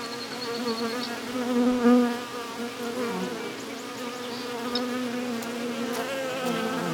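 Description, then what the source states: Bees buzzing as a dense, steady hum with layered wavering drones, one louder buzz swelling near two seconds, plus faint high clicks. Bees inside a hive in a tree, recorded with wind.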